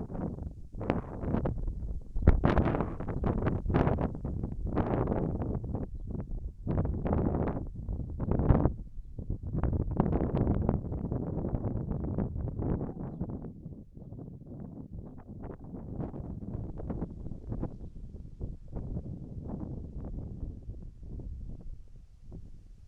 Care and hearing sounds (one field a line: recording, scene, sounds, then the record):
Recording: everyday scene through a hearing-aid microphone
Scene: wind on the microphone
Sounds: wind, whistling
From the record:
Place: in front of a rural house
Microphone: behind the ear, left, front